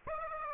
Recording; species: mosquito wingbeat signal from an infrared sensor; Aedes aegypti